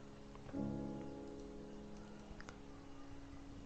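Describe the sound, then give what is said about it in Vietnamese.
Steady rain patters outside a director's office window, the light drops quickly turning heavy, in a dense, hissing wash with scattered drip clicks, and a low sustained hum swells in after a moment and lingers beneath it. “Phòng giám đốc, bên ngoài cửa sổ, từng giọt mưa vốn tí tách rơi đã nhanh chóng chuyển thành nặng hạt, xem ra không cách nào tạnh trắng trong lát.”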